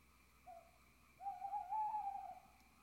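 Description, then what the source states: Owl hooting: a short soft note, a pause, then a longer wavering hoot of about a second that trembles slightly before dying away, against faint steady hiss. Owls (chouettes) recorded at Ker Anna.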